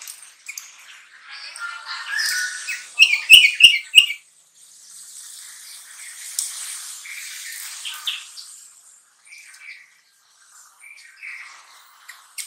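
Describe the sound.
Bulbul song, soft chirps building to a quick sharp burst, then hissy chatter and scattered quiet notes.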